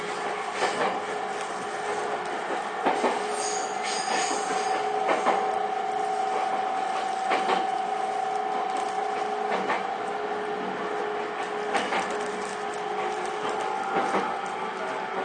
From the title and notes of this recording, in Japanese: JRE231系 伊東〜横浜。区間は伊東線→東海道線です。